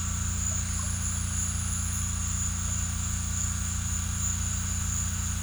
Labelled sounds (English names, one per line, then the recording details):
none
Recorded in secondary vegetation near Puerto Asís, Putumayo, Colombia, on 18 December 2024 at 17:00
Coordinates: 0.485, -76.322
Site GP08